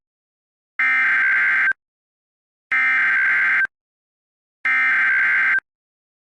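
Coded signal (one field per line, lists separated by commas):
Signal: Emergency Alert System (SAME) tones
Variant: header bursts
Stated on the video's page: Fictional EAS scenario; may contain valid EAS tones, but the events are simulated.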